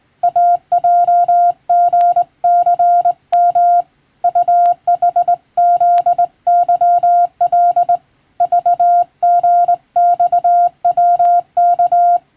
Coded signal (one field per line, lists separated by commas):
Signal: Morse code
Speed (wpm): 20 wpm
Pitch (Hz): 700 Hz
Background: none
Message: AJGCM UHZYL VGXWK